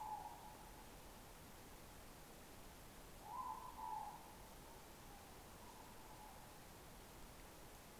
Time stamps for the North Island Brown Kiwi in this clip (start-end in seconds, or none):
none